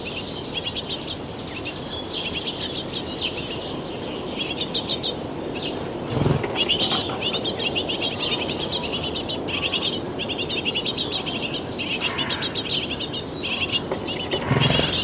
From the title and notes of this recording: Busy morning birds around a bird nest box at a Danish summer cottage. Just before sunrise, parent birds start looking for food to their hungry chicks in the bird nest box at the cottage wall. While the bird chicks are crying for food, their parents fly back and forth to the bird nest box with something to eat.